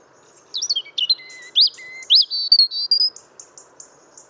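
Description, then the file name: European robin delivers one rich, varied phrase of high slurred whistles and rapid twitters, ending in a thin, fading series of notes. "Erithacus rubecula"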